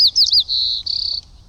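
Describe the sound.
White-crowned sparrow song fragment with three quick swooping notes, a steady whistled tone and a short buzzy trill, faint low hum beneath.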